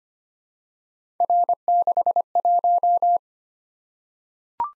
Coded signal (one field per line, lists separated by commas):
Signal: Morse code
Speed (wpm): 25 wpm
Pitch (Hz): 700 Hz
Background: none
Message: R61